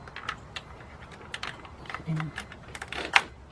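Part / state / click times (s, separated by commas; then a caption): injector wiring connector or clip on the fuel injector rail / seated / 3.2 s. A connector or clip on the fuel injector rail wiring harness of a BMW 328i engine is pressed back down by hand, with soft scattered ticks and taps leading up to it while someone talks briefly. At 3.2 s a sharp, bright snap rings out, and the connector seats back into place.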